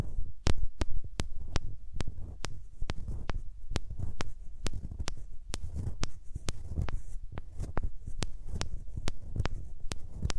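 Hands rub and cup over the ears, close up, giving a steady low, muffled rumble that throbs like a heartbeat. Sharp bright clicks and crackles cut through every half second or so, fairly regular across the whole stretch.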